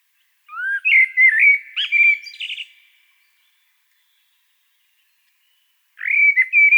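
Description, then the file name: Common blackbird singing a fluty, rising and falling phrase that ends in thin squeaky chatter, followed by a long quiet pause and the start of a new phrase. "Turdus merula"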